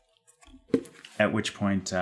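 A keyboard cover is snapped back onto the contact connector of a Samsung Galaxy TabPro S tablet, seating with a sharp, satisfying snap at 0.7 s, followed by a few smaller clicks. Someone then talks.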